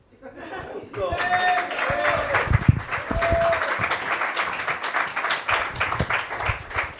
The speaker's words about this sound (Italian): quindi chiedo un grandissimo applauso